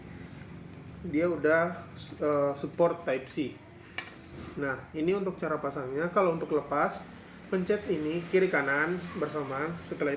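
A flight battery is pushed into the battery bay of an MJX Bugs 12 EIS drone while someone talks. A sharp click at 4.0 seconds marks the battery seating in place, and the talking continues.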